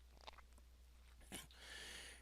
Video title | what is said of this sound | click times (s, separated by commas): Dell Storage Unity XT: Remove/Install DPE Power Supply | and you push it back in. You'll hear a small click as you as it goes uh into the chassis. | 0.3 s